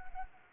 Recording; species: mosquito wingbeat signal from an infrared sensor; Anopheles arabiensis